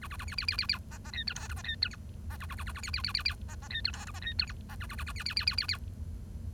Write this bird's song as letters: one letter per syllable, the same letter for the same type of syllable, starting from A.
A A A B B B B B C C D E F G C D E H C A A A A A B B B B B C C D E F G C D E H C A A A A B B B B B B